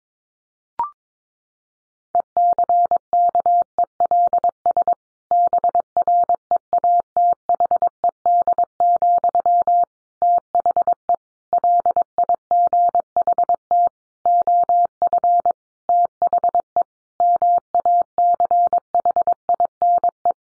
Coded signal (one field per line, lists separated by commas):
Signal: Morse code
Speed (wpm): 22 wpm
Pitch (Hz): 700 Hz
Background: none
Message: ECKELS BREATHED, THE LIGHT OF THE MACHINE